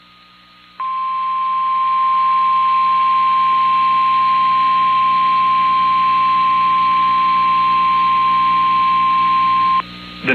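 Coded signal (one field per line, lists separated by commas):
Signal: Emergency Alert System (SAME) tones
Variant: 1050 Hz attention tone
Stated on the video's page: Tornado Warning activation on WYFL, requested by National Weather Service Raleigh for northwestern Warren County, North Carolina.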